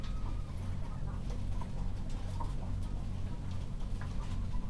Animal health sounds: poultry house recording; sick chickens (respiratory disease)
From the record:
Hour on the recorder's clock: 22

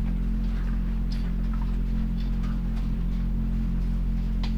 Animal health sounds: poultry house recording; sick chickens (respiratory disease)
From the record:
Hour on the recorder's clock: 22

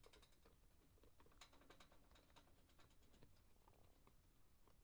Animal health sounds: poultry house recording; sick chickens (respiratory disease)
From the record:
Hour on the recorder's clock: 18

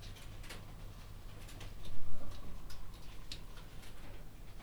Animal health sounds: poultry house recording; healthy chickens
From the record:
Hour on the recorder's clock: 22

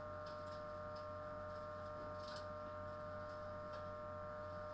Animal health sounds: poultry house recording; no chicken sound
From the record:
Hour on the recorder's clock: 21

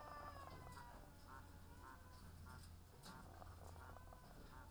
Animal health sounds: poultry house recording; sick chickens (respiratory disease)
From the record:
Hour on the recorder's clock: 18

